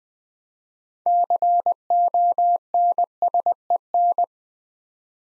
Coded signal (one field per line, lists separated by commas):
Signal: Morse code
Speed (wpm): 20 wpm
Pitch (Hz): 700 Hz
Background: none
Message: CONSEN